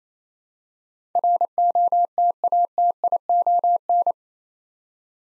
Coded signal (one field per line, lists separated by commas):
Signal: Morse code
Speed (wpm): 29 wpm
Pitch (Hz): 700 Hz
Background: none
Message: ROTATION